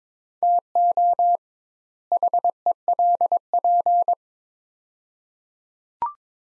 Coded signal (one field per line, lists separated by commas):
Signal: Morse code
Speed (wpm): 22 wpm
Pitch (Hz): 700 Hz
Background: none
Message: TO HELP